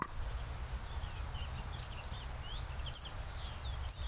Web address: sound Zitting-cisticola. صدای پرنده سبدنشین چکاچک